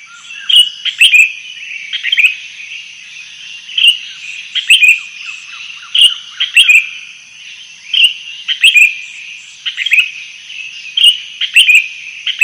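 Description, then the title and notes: Sooty-headed bulbul singing short, bubbly chirping phrases, repeated again and again, each a quick cluster of bright notes. Song described as gacor, meaning vigorous, persistent singing. "kutilang gacor"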